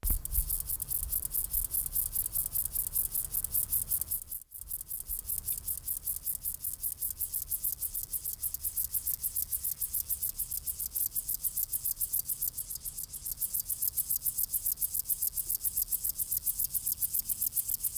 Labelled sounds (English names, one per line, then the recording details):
Upland Field Grasshopper stridulation
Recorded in the wild
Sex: male
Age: imago
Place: Seddiner See, Brandenburg, DE
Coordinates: 52.27, 13.01
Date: 1995-07-23 16:22
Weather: heiter, böiger Wind, 18°C
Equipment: Sony WM-D6C, Sennheiser ME 80, Kopie Uher 4000 Report Monitor
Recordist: Tembrock, Günter